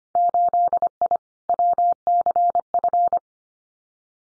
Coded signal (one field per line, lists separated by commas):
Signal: Morse code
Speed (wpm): 25 wpm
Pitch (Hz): 700 Hz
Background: none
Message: 8I WCF